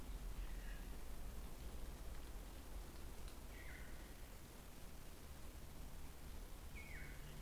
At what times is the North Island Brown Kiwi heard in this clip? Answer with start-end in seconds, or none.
none